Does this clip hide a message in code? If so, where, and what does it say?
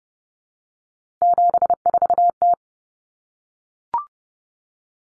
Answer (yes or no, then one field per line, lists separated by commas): yes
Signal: Morse code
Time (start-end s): 1.2-2.5 s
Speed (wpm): 30 wpm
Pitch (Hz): 700 Hz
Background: none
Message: 74T